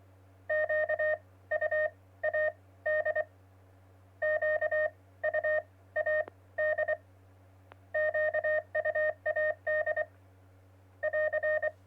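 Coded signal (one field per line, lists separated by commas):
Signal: Morse code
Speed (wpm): 24 wpm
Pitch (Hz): 620 Hz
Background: none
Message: QUAD QUAD QUAD <AR>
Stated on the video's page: Test stream, checking levels.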